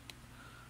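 A small metal E-clip retaining clip is pressed with needlenose pliers onto a pin on the head chassis of a GEC 4-track cassette transport. A single short, sharp click sounds at 0.1 s over a low, steady background, and the clip is seated on the pin.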